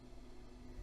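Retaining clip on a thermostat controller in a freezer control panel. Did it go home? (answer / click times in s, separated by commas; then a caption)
no / none. Plastic retaining clips on the back of a replacement Dixell thermostat controller are handled as they are slid on and pressed forward into the cut-out of an Elcold freezer control panel. Only a steady low hum and broadband noise is heard, with no sudden sounds. Nothing has seated or clicked yet.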